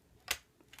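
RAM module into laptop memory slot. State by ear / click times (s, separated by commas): seated / 0.3 s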